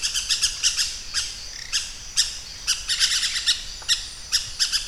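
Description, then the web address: Pyrrhura parakeet calls: harsh, high, screechy notes given singly and in quick uneven bursts, with short pauses between. "parrots pyrrhura"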